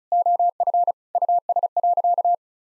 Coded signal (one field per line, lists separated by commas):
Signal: Morse code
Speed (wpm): 36 wpm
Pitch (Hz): 700 Hz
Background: none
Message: OF US.